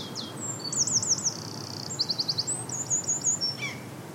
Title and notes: The Song Of The Eurasian Wren. As I am walking on a beach in Rhu, just outside of Helensburgh Scotland, I hear this song